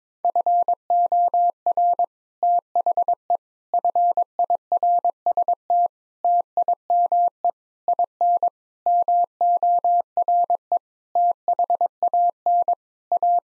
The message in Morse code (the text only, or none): FOR THE FIRST TIME IN MORE THAN A